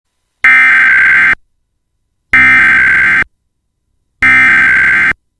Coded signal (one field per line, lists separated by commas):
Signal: Emergency Alert System (SAME) tones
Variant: header bursts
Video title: EAS - AMBER Alert Continuation Issued for all of Texas